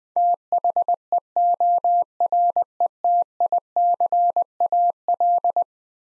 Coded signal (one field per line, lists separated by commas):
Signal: Morse code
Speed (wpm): 21 wpm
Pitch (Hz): 700 Hz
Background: none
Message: THEORETICAL